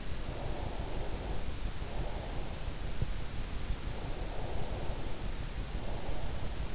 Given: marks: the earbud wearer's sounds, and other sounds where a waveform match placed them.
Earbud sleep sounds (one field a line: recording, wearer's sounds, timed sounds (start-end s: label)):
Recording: sounds in sleep by an in-ear microphone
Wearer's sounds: breath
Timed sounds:
0.36-2.70 s: breath
4.13-6.59 s: breath